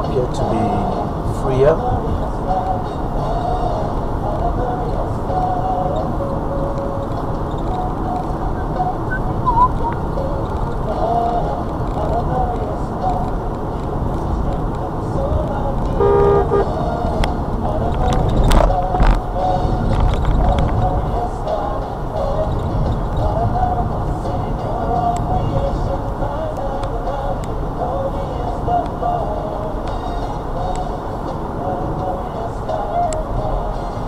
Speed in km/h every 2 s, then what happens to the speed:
63, 63, 64, 66, 66, 64, 63, 61, 58, 56, 56, 58, 60, 61, 63, 63, 64.
0-8 steady at about 64. 8-20 slows to 56. 20-34 speeds up to 64.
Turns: none.